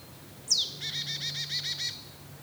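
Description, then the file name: Marsh tit giving a thin falling note followed by a rapid string of harsh, buzzy repeated notes. "Poecile palustris"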